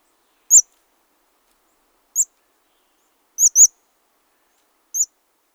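Chestnut-backed chickadee uttering short, very high, thin call notes, single or in a quick pair, repeated a few times against silence.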